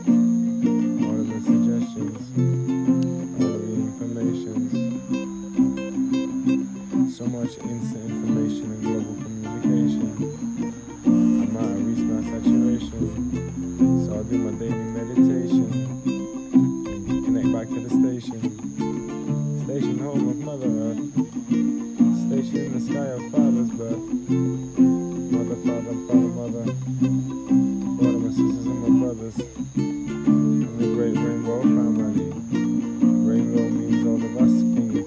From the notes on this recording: the wind, the birds, the frogs and the crickets